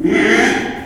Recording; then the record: squeal of a Yucatan mini pig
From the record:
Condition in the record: after surgery on the right vocal fold (resection and tissue-engineered implant); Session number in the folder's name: 4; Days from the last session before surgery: 42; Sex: male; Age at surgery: 12 weeks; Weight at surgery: 13 kg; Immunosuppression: cyclosporine, prednisolone